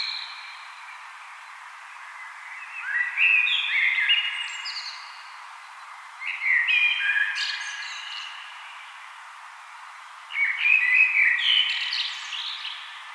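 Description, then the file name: Common blackbird song: three melodious fluting phrases separated by pauses, each ending in thin, high squeaky notes. "Turdus merula"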